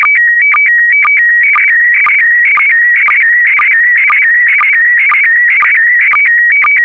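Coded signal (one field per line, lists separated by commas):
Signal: SSTV (slow-scan television)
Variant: PD120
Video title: (03 of 12) ISS Expedition 63 - MAI-75 September 2020 - Retransmission SSTV PD120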